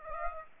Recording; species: mosquito wingbeat signal from an infrared sensor; Aedes aegypti